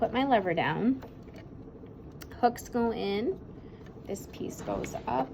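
With the lever down on a CADD Solis PCA infusion pump, a plastic medication cassette is hooked in and pushed up into the pump while someone talks, with brief handling taps around 2.2 s and 2.3 s. Nothing has seated or clicked yet; the cassette is not home by the end of the clip.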